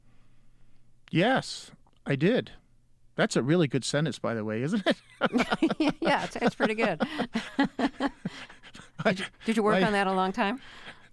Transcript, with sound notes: Yes, I did. That's a really good sentence by the way, isn't it?
(LAUGHTER)
Yeah. It's pretty good. Did you work on that a long time?